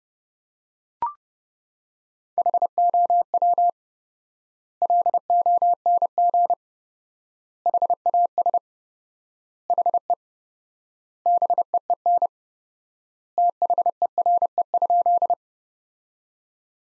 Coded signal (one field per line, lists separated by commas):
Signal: Morse code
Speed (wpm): 30 wpm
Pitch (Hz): 700 Hz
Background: none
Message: HOW LONG HAS HE BEEN THERE?